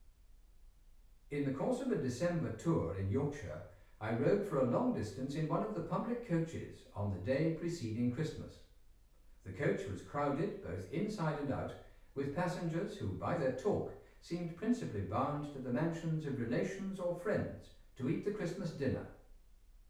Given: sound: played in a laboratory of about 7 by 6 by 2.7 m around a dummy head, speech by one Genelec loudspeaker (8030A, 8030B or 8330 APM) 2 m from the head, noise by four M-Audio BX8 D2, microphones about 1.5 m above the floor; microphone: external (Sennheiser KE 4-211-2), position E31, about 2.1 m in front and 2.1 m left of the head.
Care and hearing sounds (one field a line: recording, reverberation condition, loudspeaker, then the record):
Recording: male speech in English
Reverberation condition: medium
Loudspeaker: 150 degrees to the left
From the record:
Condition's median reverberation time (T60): about 510 ms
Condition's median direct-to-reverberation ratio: about -0.5 dB